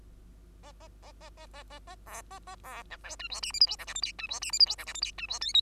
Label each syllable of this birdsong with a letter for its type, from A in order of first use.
A A A A A A A A B A A B C D E F G H I J K L M N E F G H I J K L M N E F O P